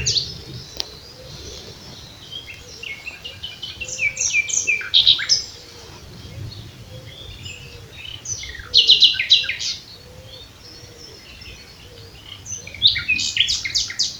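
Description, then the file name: Common nightingale singing repeated phrases of sharp notes and rattling bursts. "Luscinia megarhynchos"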